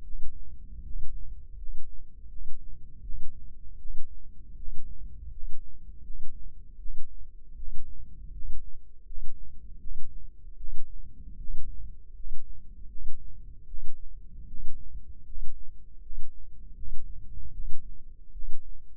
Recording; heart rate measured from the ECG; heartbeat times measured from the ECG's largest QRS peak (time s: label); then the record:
heart sounds by microphone in the left ear; 79 bpm
0.02 s: heartbeat
0.82 s: heartbeat
1.56 s: heartbeat
2.28 s: heartbeat
3.02 s: heartbeat
3.78 s: heartbeat
4.56 s: heartbeat
5.30 s: heartbeat
6.03 s: heartbeat
6.78 s: heartbeat
7.55 s: heartbeat
8.31 s: heartbeat
9.04 s: heartbeat
9.79 s: heartbeat
10.56 s: heartbeat
11.37 s: heartbeat
12.13 s: heartbeat
12.88 s: heartbeat
13.66 s: heartbeat
14.46 s: heartbeat
15.24 s: heartbeat
16.00 s: heartbeat
16.74 s: heartbeat
17.51 s: heartbeat
18.31 s: heartbeat
From the record:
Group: healthy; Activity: rest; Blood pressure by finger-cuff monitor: 99/58 mmHg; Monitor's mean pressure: 71 mmHg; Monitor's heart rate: 79 bpm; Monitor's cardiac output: 7.6 L/min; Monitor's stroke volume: 97 mL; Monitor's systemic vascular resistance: 660 dyn s/cm5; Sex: male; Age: 35 years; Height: 180 cm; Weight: 86.9 kg